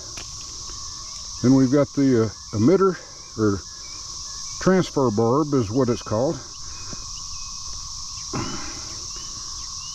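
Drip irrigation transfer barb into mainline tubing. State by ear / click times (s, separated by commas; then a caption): not seated / none. A plastic drip irrigation transfer barb, also called an emitter barb, is held and lined up with the punched hole in the poly mainline tubing while someone talks over a steady high insect-like drone outdoors. The barb has not been pushed in and nothing has seated or clicked yet.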